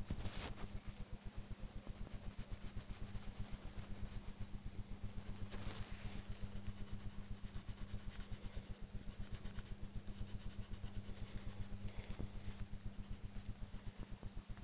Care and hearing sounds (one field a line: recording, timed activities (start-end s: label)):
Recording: household activities, microphone on the right wrist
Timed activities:
0.00-14.64 s: drawing